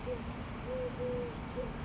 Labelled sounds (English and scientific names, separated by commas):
Eurasian Collared Dove (Streptopelia decaocto)